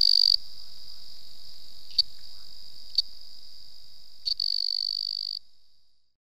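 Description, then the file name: Weidholz's banana frog producing a continuous high buzzy trill lasting about five seconds, broken by a few sharp clicks, then fading out. "Afrixalus weidholzi"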